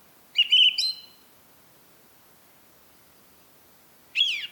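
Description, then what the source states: Song thrush song: a varied phrase of rich whistled and buzzy notes, silence, then a sharp descending chattery phrase; nothing else intrudes. Recorded at Rambjøra on 30 March 2023 with a Zoom recorder.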